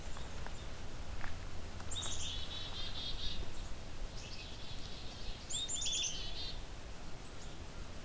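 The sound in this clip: Black-capped Chickadee gives two short series of calls about three and a half seconds apart, over low background hum.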